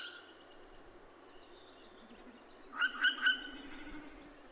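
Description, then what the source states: Northern hawk-owl calls: a quick run of three sharp, harmonic notes near the end after a long stretch of quiet hiss. Adult bird giving vit-vit-vit calls.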